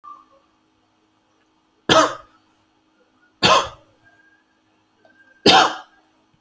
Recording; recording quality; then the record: shallow voluntary cough; excellent, no background noise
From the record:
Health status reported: healthy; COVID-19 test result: not tested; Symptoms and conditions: none ticked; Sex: male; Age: 39 years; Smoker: not ticked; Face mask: not worn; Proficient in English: yes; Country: India